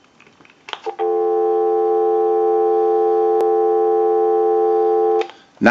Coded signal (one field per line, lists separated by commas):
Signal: telephone call progress tone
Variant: North America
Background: speech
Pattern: dial tone